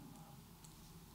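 A stainless-steel folding clasp with push pieces on both sides, on the steel bracelet of a Glashütte Original SeaQ watch with a blue dial, is handled just before it is closed. A low steady hum runs throughout, with faint handling noise and a soft brief tick near 0.7 s. Nothing has seated or clicked shut yet.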